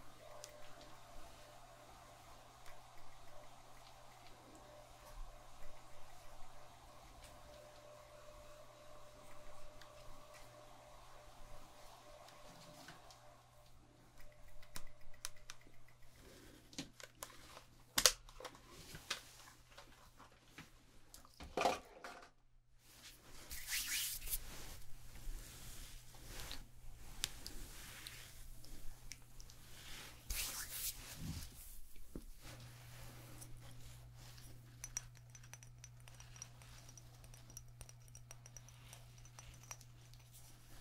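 Hair salon sounds with a steady low hum running underneath, plus a faint whirring tone in the first fifteen seconds. Sharp clicks and short bright hissing bursts come between about 17 and 31 seconds, and the hum returns stronger after 32 seconds.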